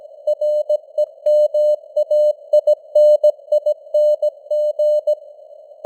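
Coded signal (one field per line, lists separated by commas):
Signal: Morse code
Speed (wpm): 17 wpm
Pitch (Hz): 600 Hz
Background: none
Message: REMAINING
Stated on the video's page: News headlines sent in Morse at 17 wpm with simulated radio noise and varying signal strength (QSB).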